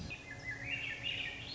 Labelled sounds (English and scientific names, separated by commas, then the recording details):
Swainson's Thrush (Catharus ustulatus)
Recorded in Sonoma County, California